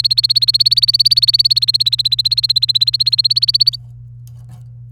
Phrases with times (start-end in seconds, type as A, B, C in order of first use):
0.00-3.76 A